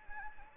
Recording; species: mosquito wingbeat signal from an infrared sensor; Anopheles gambiae